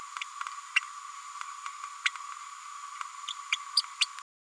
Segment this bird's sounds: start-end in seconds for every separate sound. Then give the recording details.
2.04-2.11, 3.52-3.57. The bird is a female. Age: 31 days. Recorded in a nest box in Venezuela. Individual 17B102A5